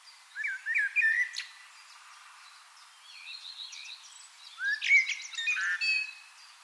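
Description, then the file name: Common blackbird song: a low, fluted warbling phrase early on, then quieter squeaky twittering phrases after a pause, with a faint high chirp near the end. "Turdus merula"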